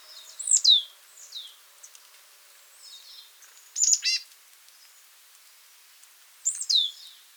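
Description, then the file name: Marsh tit calls: sharp, high notes sweeping quickly downward, given singly or in pairs, plus a short burst of buzzy, harsh notes midway; quiet background otherwise. "Poecile palustris"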